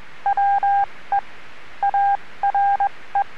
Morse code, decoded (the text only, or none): WE ARE